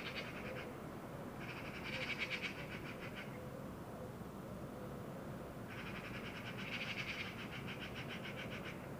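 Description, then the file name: Eurasian magpie harsh chatter in three rattling series, a brief one at the start and then two long ones of roughly two to over three seconds, separated by pauses, with a steady low drone behind. "Pica pica"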